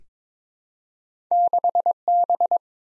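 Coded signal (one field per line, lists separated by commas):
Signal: Morse code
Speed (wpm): 22 wpm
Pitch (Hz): 700 Hz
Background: none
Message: 6B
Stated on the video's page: Morse practice drill at 22 wpm: random two-character letter and number combinations for head copy, each sent, spoken, then sent again.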